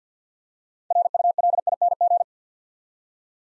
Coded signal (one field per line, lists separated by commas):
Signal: Morse code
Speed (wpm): 52 wpm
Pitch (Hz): 700 Hz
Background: none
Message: RULING